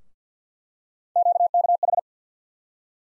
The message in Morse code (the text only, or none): QKH